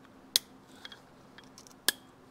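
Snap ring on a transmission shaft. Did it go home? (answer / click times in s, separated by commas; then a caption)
yes / 0.4 s, 1.9 s. A steel snap ring is fitted with pliers onto a transmission shaft of a 1972 Yamaha 250 MX motorcycle. Two sharp metallic snaps are heard at 0.4 s and 1.9 s, with faint small clicks in between. The ring has seated in the shaft groove.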